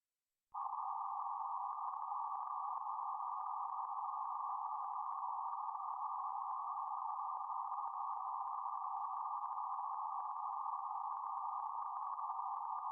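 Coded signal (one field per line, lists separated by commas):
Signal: PSK31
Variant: BPSK31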